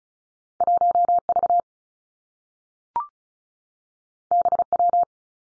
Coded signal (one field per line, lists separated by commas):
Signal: Morse code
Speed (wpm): 36 wpm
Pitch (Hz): 700 Hz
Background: none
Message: 1 V B W